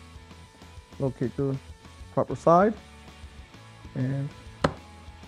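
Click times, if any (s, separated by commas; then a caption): 4.6 s. A plastic side view mirror is pressed onto its mount on a ride-on toy car body, with music playing and someone talking. A sharp snap at 4.6 s marks the mirror snapping into place, seated.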